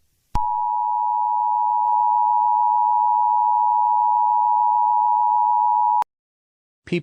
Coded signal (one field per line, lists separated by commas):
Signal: Emergency Alert System (SAME) tones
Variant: 853 and 960 Hz attention tone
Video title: EAS Scenario: Ghost Formula 1 the bad guys First 6 Opening scene